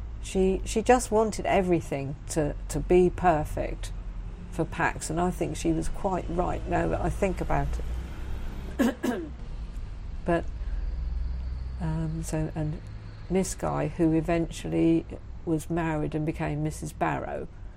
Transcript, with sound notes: she just wanted everything to be perfect for Packs and I think she was quite right now that I think about it (coughs) Miss Guy, who eventually was married and became Mrs Barrow,